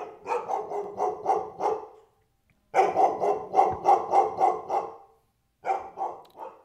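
A chained German shepherd in its kennel, having smelled a stranger, barks fiercely in three rapid bursts of repeated, harsh mid-pitched barks, loud and alone, with short silent pauses between the volleys.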